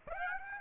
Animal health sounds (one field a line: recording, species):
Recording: mosquito wingbeat signal from an infrared sensor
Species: Aedes aegypti